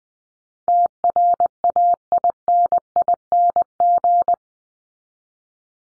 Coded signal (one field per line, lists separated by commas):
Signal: Morse code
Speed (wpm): 20 wpm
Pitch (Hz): 700 Hz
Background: none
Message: TRAINING